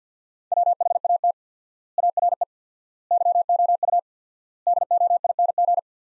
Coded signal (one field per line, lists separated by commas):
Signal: Morse code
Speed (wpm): 50 wpm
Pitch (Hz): 700 Hz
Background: none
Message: WHAT ARE YOU DOING